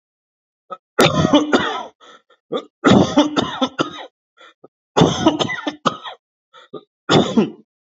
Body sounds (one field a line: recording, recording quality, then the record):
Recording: heavy voluntary cough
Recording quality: excellent, no background noise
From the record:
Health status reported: exposed to COVID-19, no respiratory illness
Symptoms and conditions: muscle pain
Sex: male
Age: 40 years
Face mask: not worn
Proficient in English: yes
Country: India